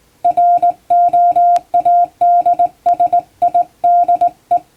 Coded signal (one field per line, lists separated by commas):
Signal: Morse code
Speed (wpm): 20 wpm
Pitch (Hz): 700 Hz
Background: music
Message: ROADSIDE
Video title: 毎日聴いてモールスラーニング！アマチュア無線ハムの受信練習用に綺麗な手打ちで平文の欧文モールス信号を叩いてみました。YouTubeの再生速度を調整して聴こう(morse code learning)